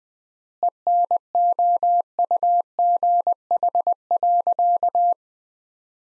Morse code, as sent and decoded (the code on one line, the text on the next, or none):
. -. --- ..- --. .... .-.-.-
ENOUGH.